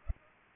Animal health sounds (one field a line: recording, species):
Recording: mosquito wingbeat signal from an infrared sensor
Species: Culex pipiens